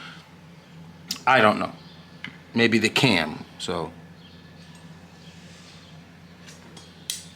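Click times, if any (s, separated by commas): 7.1 s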